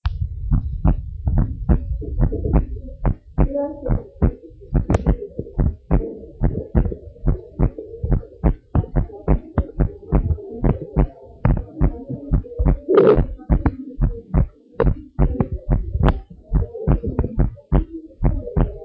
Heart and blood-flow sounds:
heart sounds of a pregnant woman by stethoscope
no fetal heartbeat
From the record:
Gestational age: 39 weeks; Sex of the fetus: girl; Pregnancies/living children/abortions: 1/0/0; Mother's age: 29 years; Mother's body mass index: 28.2

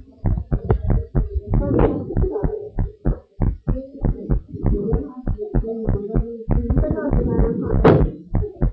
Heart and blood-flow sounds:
heart sounds of a pregnant woman by stethoscope
no fetal heartbeat
From the record:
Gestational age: 38 weeks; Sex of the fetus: boy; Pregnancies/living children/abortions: 2/1/0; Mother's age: 32 years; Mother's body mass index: 33.5

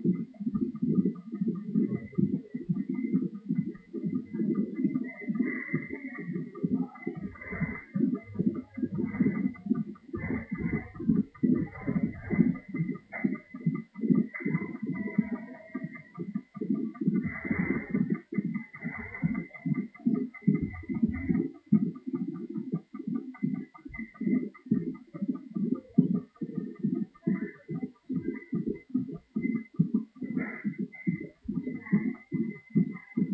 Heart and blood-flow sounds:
fetal heart sounds by stethoscope on the mother's abdomen
0.00-10.00 s: 138 bpm
10.00-20.00 s: 141 bpm
20.00-30.00 s: 144 bpm
From the record:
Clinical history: decreased amniotic fluid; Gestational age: 34 weeks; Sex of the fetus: girl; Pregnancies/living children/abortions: 3/0/2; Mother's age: 34 years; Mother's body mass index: 28.9

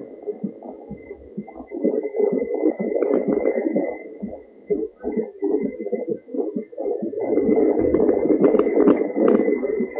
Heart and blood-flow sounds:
fetal heart sounds by stethoscope on the mother's abdomen
0.00-10.00 s: 125 bpm
From the record:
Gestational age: 38 weeks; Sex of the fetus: girl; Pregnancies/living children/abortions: 2/1/0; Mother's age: 36 years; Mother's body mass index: 30.4

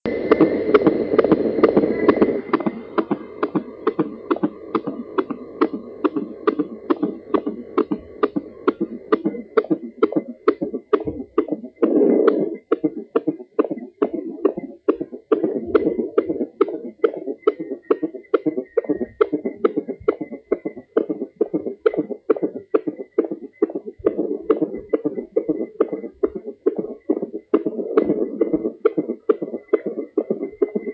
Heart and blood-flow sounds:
fetal heart sounds by stethoscope on the mother's abdomen
0.00-10.00 s: 132 bpm
10.00-20.00 s: 141 bpm
20.00-30.00 s: 138 bpm
From the record:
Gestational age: 38 weeks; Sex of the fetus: boy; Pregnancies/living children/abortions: 2/1/0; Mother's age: 33 years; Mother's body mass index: 31.6

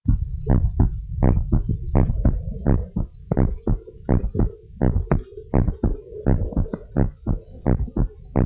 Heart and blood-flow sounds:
heart sounds of a pregnant woman by stethoscope
no fetal heartbeat
From the record:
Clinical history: decreased amniotic fluid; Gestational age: 29 weeks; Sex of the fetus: boy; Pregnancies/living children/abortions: 1/0/0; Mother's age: 24 years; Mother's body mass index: 23.7

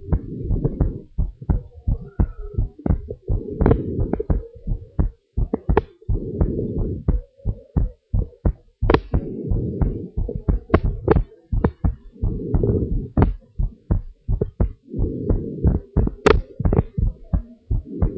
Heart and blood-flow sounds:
heart sounds of a pregnant woman by stethoscope
no fetal heartbeat
From the record:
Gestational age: 38 weeks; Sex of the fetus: boy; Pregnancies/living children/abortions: 2/1/0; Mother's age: 29 years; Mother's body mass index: 38.9

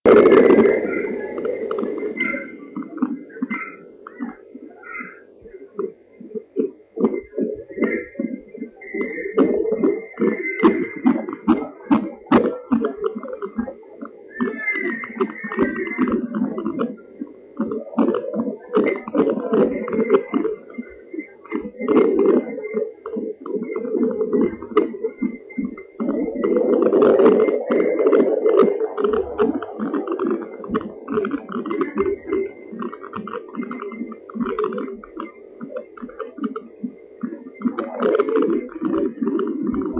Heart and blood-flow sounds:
fetal heart sounds by stethoscope on the mother's abdomen
0.00-10.00 s: 150 bpm
10.00-20.00 s: 152 bpm
20.00-30.00 s: 151 bpm
30.00-40.00 s: 147 bpm
From the record:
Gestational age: 39 weeks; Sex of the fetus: boy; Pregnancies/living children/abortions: 2/1/0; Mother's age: 41 years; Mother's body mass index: 35.3

